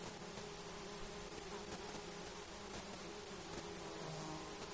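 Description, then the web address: Mosquitoes humming, a steady whining drone with a low tone and a higher overtone that holds throughout, over a broad hiss of background noise. Alaska, recorded 10 August 2012 at 19:10. "INSECTS 20120810 191000. Mosquitos"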